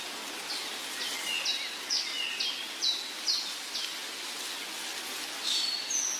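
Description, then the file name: Bird song of quick high chirps, a brisk series of bright notes with lower chips between, ending with a thin sustained whistle, all against constant hiss. Trills and songs of birds in the morning. "Sons d oiseaux - Trilles et chants du matin"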